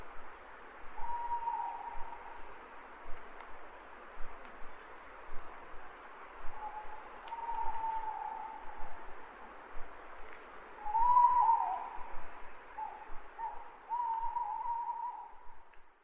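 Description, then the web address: Owl calling in a series of soft, level tones, mostly faint, with one clearer, louder note in the second half, against constant background hiss. Recorded on 3 May. "numbersquash nighdi 3 may owls"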